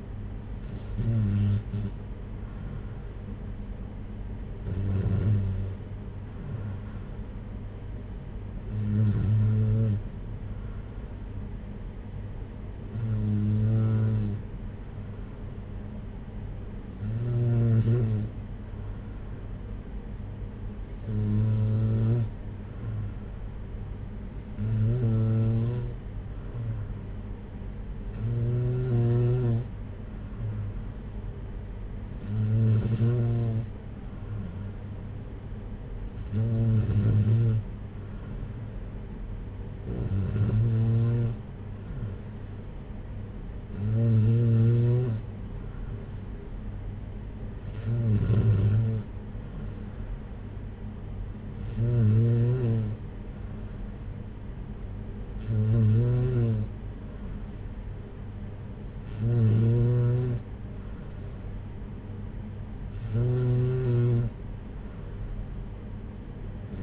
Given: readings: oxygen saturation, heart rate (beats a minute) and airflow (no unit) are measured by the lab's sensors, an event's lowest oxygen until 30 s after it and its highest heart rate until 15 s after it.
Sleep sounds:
breathing in sleep by a smartphone at the bedside; none
none scored
From the record:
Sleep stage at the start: N2 (light sleep); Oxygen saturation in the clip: 93 to 94%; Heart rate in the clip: 57 to 61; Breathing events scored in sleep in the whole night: 226 in 8.8 hours asleep

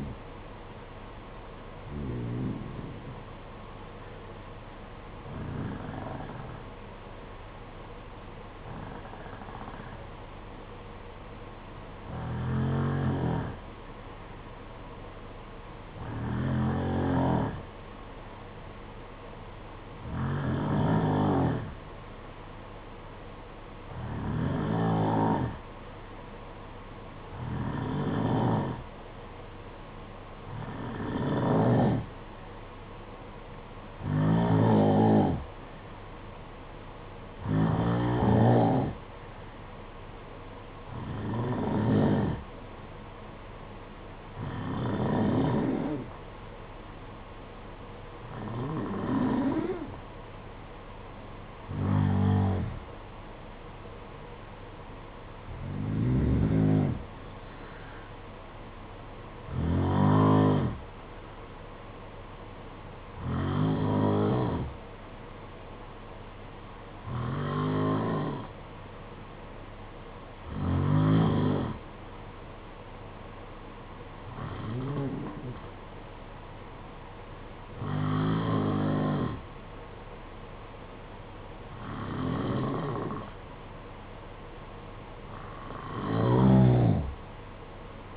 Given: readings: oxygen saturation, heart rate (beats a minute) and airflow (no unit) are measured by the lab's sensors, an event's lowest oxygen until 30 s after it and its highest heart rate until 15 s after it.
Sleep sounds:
breathing in sleep by a voice recorder at the bedside; 1
3.00-88.17 s: new sleep stage, N2 (light sleep)
4.00-52.00 s: hypopnea (N2, oxygen 93% highest, then 90% lowest, heart rate 56 at the start, 62 highest)
From the record:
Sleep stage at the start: N1 (lightest sleep); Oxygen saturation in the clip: 90 to 94%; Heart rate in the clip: 54 to 62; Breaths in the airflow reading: 24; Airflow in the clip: -8.4 to 9.4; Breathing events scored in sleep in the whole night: 476 in 9.7 hours asleep

